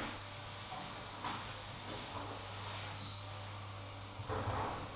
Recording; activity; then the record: daily activity, microphone in the room; vacuum cleaning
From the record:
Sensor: 1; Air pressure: 988.7 hPa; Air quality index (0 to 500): 198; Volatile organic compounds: 986 ppm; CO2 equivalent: 5282 ppm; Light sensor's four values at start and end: 25/93/35/37 and 25/93/35/36